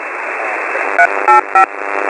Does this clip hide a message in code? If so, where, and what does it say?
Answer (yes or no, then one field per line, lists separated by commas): yes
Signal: DTMF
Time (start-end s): 1.0-1.7 s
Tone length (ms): 110 ms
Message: 385